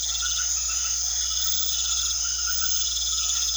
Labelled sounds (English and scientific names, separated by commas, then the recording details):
none
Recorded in secondary vegetation near Puerto Asís, Putumayo, Colombia, on 4 March 2025 at 22:00
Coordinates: 0.500, -76.326
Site GP04